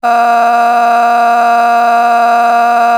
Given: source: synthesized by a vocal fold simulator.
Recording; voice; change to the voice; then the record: sustained vowel; female; a random mix of aspiration noise, stiffness perturbation and strain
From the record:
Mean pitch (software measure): 236 Hz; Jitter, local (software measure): 1.21%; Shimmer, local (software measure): 8.0%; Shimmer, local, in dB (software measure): 0.70 dB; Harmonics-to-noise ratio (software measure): 16.1 dB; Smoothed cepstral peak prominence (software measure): 15.1 dB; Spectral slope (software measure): -17.9 dB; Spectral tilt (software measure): -8.9 dB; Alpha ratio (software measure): -8.3 dB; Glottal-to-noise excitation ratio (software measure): 0.899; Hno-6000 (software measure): 1.9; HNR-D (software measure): 38.5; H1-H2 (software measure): -1.4 dB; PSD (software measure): 5.8e-05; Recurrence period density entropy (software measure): 0.113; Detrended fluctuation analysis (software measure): 0.0112